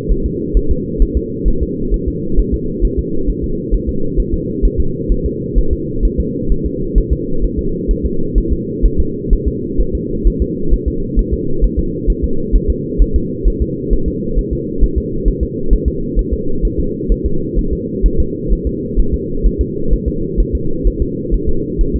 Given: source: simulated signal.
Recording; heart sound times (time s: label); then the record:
fetal heart sounds
0.12 s: S1
0.26 s: S2
0.57 s: S1
0.71 s: S2
1.02 s: S1
1.17 s: S2
1.48 s: S1
1.62 s: S2
1.94 s: S1
2.08 s: S2
2.39 s: S1
2.54 s: S2
2.85 s: S1
2.99 s: S2
3.30 s: S1
3.44 s: S2
3.74 s: S1
3.89 s: S2
4.20 s: S1
4.34 s: S2
4.65 s: S1
4.80 s: S2
5.12 s: S1
5.26 s: S2
5.58 s: S1
5.73 s: S2
6.05 s: S1
6.20 s: S2
6.52 s: S1
6.66 s: S2
6.98 s: S1
7.13 s: S2
7.44 s: S1
7.59 s: S2
7.91 s: S1
8.06 s: S2
8.38 s: S1
8.53 s: S2
8.86 s: S1
9.00 s: S2
9.33 s: S1
9.48 s: S2
9.81 s: S1
9.95 s: S2
10.27 s: S1
10.42 s: S2
10.73 s: S1
10.88 s: S2
11.19 s: S1
11.34 s: S2
11.64 s: S1
11.79 s: S2
12.10 s: S1
12.24 s: S2
12.56 s: S1
12.70 s: S2
13.02 s: S1
13.16 s: S2
13.48 s: S1
13.62 s: S2
13.93 s: S1
14.08 s: S2
14.39 s: S1
14.53 s: S2
14.84 s: S1
14.98 s: S2
15.28 s: S1
15.43 s: S2
15.73 s: S1
15.88 s: S2
16.19 s: S1
16.33 s: S2
16.65 s: S1
16.80 s: S2
17.12 s: S1
17.26 s: S2
17.59 s: S1
17.73 s: S2
18.06 s: S1
18.20 s: S2
18.53 s: S1
18.67 s: S2
19.00 s: S1
19.14 s: S2
19.46 s: S1
19.61 s: S2
19.93 s: S1
20.08 s: S2
20.40 s: S1
20.55 s: S2
20.87 s: S1
21.02 s: S2
21.34 s: S1
21.49 s: S2
21.81 s: S1
21.96 s: S2
From the record:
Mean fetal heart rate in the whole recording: 130 bpm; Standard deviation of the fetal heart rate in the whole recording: 2 bpm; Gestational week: 36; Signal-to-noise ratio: -8.1 dB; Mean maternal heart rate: 72 bpm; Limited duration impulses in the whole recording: absent